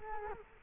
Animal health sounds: mosquito wingbeat signal from an infrared sensor; Culex quinquefasciatus

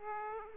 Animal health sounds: mosquito wingbeat signal from an infrared sensor; Aedes aegypti

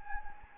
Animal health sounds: mosquito wingbeat signal from an infrared sensor; Anopheles gambiae

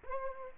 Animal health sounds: mosquito wingbeat signal from an infrared sensor; Culex pipiens

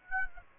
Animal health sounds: mosquito wingbeat signal from an infrared sensor; Aedes aegypti

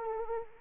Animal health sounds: mosquito wingbeat signal from an infrared sensor; Anopheles arabiensis

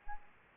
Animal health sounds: mosquito wingbeat signal from an infrared sensor; Aedes albopictus

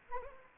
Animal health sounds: mosquito wingbeat signal from an infrared sensor; Anopheles arabiensis

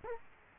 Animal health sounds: mosquito wingbeat signal from an infrared sensor; Culex quinquefasciatus

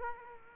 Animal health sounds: mosquito wingbeat signal from an infrared sensor; Culex quinquefasciatus

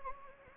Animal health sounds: mosquito wingbeat signal from an infrared sensor; Anopheles gambiae

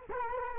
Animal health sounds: mosquito wingbeat signal from an infrared sensor; Culex quinquefasciatus

